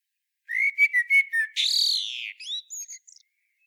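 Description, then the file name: Common blackbird song, several low mellow whistles followed by a long strained high note that falls away into a few thin, twittering notes. "Turdus merula"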